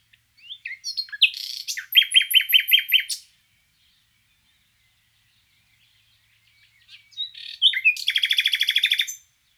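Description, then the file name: Common nightingale song: a varied phrase of quick chirps and repeated rich notes, a silent pause, then a fast, buzzy rattling series of repeated notes. "Luscinia megarhynchos"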